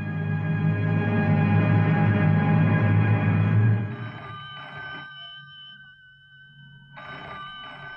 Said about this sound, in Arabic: الله، أنت قاعدة هنا جنب التليفون وسمعاه بيضرب يا بنت، ومش عايزة ترفعي السماعة تشوفي مين؟